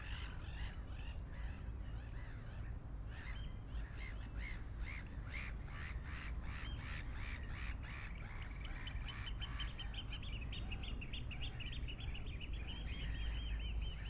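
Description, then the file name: Birds calling: dense repeated chips and harsher squawking notes in a busy chorus, with a steady low rumble underneath. "vogels"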